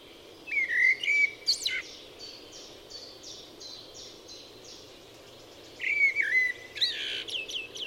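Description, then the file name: Eurasian blackbird giving two rich, fluty phrases ending in squeaky twitters, with rapid repeated high notes in the gap between them. "Turdus merula"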